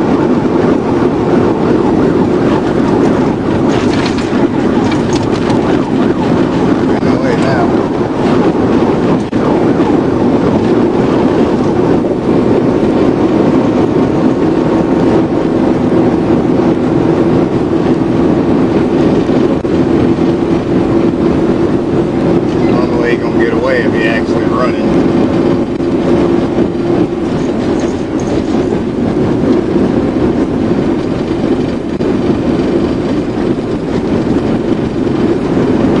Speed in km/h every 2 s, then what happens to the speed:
187, 182, 180, 180, 184, 185, 188, 192, 195, 198, 198, 200, 200, 200, 201, 201, 198, 187.
0-7 slows to 180. 7-18 speeds up to 198. 18-31 steady at about 200. 31-36 brakes to 187.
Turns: none.